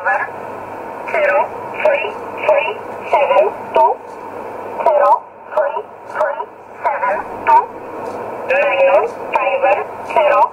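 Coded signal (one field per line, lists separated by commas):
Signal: numbers station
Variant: E11 Oblique, English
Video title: 12 08 2017 Numbers station E11 Oblique in English to Eu 0811 on 9079 in USB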